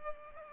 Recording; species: mosquito wingbeat signal from an infrared sensor; Culex pipiens